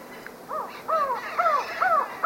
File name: Ecuadorian Trogon